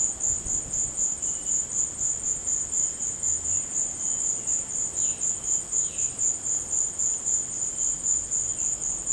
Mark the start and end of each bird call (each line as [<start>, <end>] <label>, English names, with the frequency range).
[4.91, 6.17] Violaceous Jay (1.8-4.3 kHz)